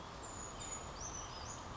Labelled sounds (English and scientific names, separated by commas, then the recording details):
Brown Creeper (Certhia americana)
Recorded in Sonoma County, California